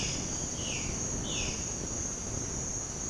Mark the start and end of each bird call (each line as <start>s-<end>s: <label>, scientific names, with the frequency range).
0.00s-1.72s: Cyanocorax violaceus (1.9-4.3 kHz)